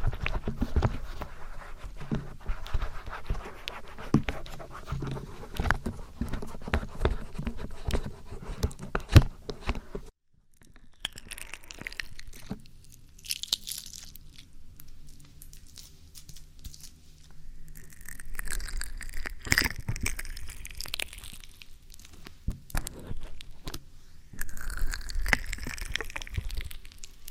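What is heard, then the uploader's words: Ear massage sounds made of dense rubbing and crackling, with quick clicks and soft tearing textures through the first ten seconds. A near-silent gap follows, then slower, sparser brushing strokes with brighter swishing swells around 18–22 and 25–27 seconds. ASMR Ear Massage.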